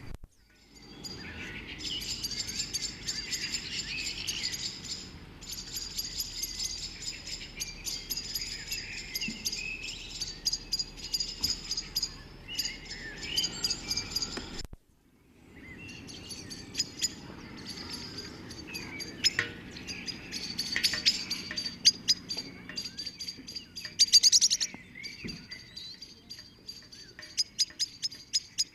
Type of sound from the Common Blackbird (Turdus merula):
call